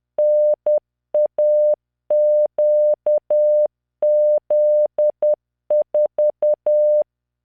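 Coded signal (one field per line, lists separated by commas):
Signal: Morse code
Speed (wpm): 10 wpm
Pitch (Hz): 600 Hz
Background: none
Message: NAQZ4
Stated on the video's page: Software-generated Morse practice, random five-character groups at 10 WPM, 600 Hz tone, standard spacing.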